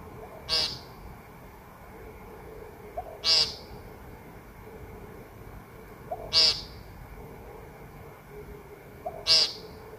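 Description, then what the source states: Woodcock calling, a harsh buzzy nasal note repeated about every three seconds, each preceded by a soft low whoop. Recorded on a phone and normalized; a quiet whoop, possibly an in-drawn breath, comes just before every call.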